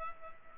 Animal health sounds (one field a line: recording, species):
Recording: mosquito wingbeat signal from an infrared sensor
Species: Culex pipiens